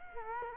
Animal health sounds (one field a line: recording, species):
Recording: mosquito wingbeat signal from an infrared sensor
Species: Culex quinquefasciatus